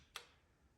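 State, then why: Torque reached. A click-type torque wrench is pulled on a spark plug in an engine cylinder head, a repeat pull to show it again. One short, sharp click is heard at 0.2 s as the wrench reaches its set torque, after which it goes quiet. The spark plug is torqued and ready.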